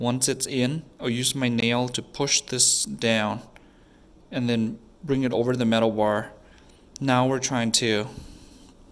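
A spring bar in a leather watch strap is pressed down with a fingernail and brought over toward the lug hole of the metal watch case while someone talks. Nothing has seated or clicked yet by the end of the clip.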